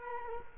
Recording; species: mosquito wingbeat signal from an infrared sensor; Culex quinquefasciatus